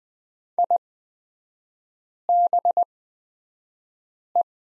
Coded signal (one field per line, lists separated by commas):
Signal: Morse code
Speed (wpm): 20 wpm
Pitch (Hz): 700 Hz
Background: none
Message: IBE